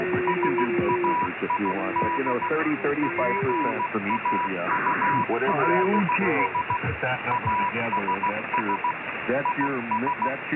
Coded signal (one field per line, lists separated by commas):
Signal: Morse code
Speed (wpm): 16 wpm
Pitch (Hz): 980 Hz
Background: speech, radio noise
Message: SAID PAULS ASS IS